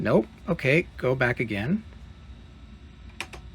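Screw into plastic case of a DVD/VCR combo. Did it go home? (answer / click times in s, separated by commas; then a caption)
yes / 3.2 s. Someone talks while a screw is backed out of the plastic case of an Apex ADV-3800 DVD/VCR combo on a second try. At 3.2 s a sharp click is heard, followed by a fainter tick at 3.3 s, as the screw drops into the existing plastic thread and seats.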